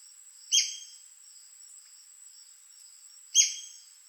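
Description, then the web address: White-crested spadebill giving two sharp, high, downslurred notes about three seconds apart, with a steady thin whine in the background. "White crested spadebill. پرنده-بیلچه-نوک-کاکل-سفید"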